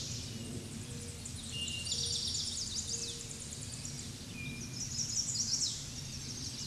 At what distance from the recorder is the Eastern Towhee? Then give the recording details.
about 20 m. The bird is about 5 m above the microphone. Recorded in a Pennsylvania forest on 16 May 2024 at 07:37. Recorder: AudioMoth, point MSD-1405. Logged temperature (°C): 15.6 °C. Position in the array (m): 181 m, 181 m